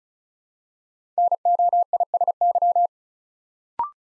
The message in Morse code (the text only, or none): NOISY